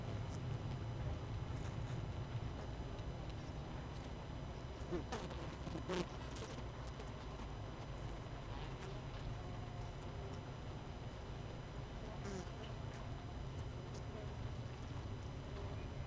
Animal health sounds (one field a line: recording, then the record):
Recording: honeybee colony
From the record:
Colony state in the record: missing queen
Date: 31 May 2018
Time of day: 18:20